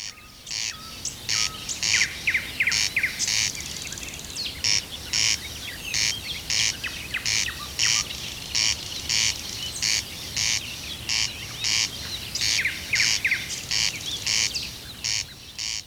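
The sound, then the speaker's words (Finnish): A corncrake calls in a field, repeating a dry, rasping double note in a steady, mechanical rhythm that continues without pause throughout, loud and harsh over a quiet background. “Tämä lintuhan oli ruisrääkkä.”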